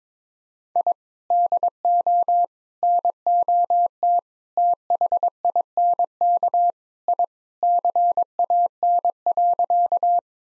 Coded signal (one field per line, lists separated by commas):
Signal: Morse code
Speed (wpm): 22 wpm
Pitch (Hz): 700 Hz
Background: none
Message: I DO NOT THINK I CAN.